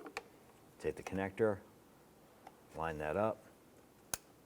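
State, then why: Seated. A wiring harness connector is lined up and pressed onto the new mass air flow sensor of a 2012–2017 Toyota Camry while someone talks. A few faint ticks come first, then a single sharp plastic click at 4.1 s as the connector latches and seats.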